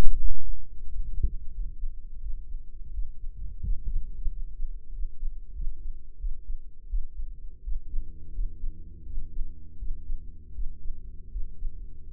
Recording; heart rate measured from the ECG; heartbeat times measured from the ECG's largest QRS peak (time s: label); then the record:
heart sounds by microphone in the right ear; 86 bpm
0.17 s: heartbeat
0.85 s: heartbeat
1.51 s: heartbeat
2.19 s: heartbeat
2.91 s: heartbeat
3.61 s: heartbeat
4.27 s: heartbeat
4.90 s: heartbeat
5.52 s: heartbeat
6.17 s: heartbeat
6.87 s: heartbeat
7.61 s: heartbeat
8.31 s: heartbeat
9.03 s: heartbeat
9.76 s: heartbeat
10.52 s: heartbeat
11.29 s: heartbeat
12.04 s: heartbeat
From the record:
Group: healthy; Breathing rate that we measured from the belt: 16 breaths a minute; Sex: male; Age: 21 years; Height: 180 cm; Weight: 67.5 kg